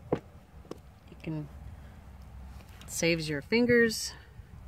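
A snap stud/pin for RV skirting is handled with a 5/16 socket on a quarter-inch drive handle against the RV skirting panel/base, with brief sharp taps near 0.1 and 0.7 s while someone talks. Nothing has seated or snapped in yet.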